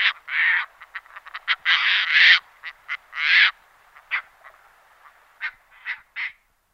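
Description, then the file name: Caspian tern uttering rough, scratchy screeches mixed with many brief clipped notes, the calls thinning out toward the end. "sterna maggiore"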